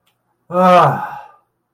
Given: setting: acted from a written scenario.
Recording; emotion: vocal sound without words; ecstasy